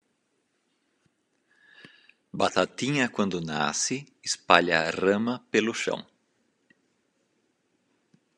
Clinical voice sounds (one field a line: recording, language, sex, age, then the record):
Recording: short text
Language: Brazilian Portuguese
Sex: male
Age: 40 to 49 years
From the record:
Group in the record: control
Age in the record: 49 years